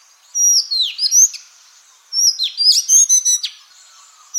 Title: Suara Kacer Madagaskar. suara burung kacer madagaskar